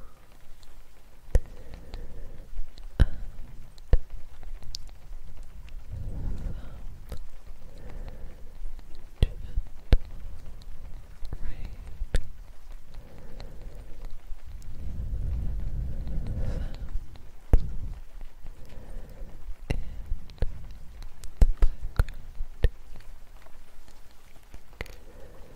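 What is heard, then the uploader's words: Gentle wood tapping comes in sharp, irregular clicks, sometimes singly and sometimes in quick clusters, scattered throughout. Soft, low breathy gusts of blowing swell in around 6 seconds and again around 15–17 seconds, with a faint steady hiss underneath. ASMR gentle wood tapping, ear blowing & trigger words in the rain.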